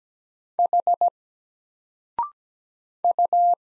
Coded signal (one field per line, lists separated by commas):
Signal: Morse code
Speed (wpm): 17 wpm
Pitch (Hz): 700 Hz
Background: none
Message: H U